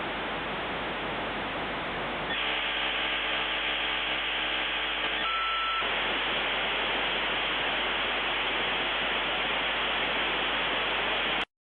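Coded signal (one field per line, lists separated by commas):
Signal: dial-up modem handshake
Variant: 56k modem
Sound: loud continuous modem hiss with faint tones and a brief steady tone midway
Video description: Der Zonk Sound Effect eines 56k Modem aus den 90ern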